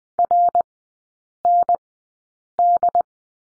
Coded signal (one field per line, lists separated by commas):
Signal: Morse code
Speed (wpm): 20 wpm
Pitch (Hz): 700 Hz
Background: none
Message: RND